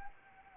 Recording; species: mosquito wingbeat signal from an infrared sensor; Anopheles arabiensis